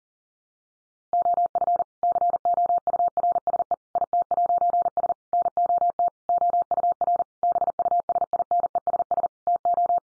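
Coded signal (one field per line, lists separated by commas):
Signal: Morse code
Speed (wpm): 40 wpm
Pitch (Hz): 700 Hz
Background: none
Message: OF COURSE IT'S NOT OUR BUSINESS TO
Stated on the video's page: Head-copy sentence practice at 40 wpm.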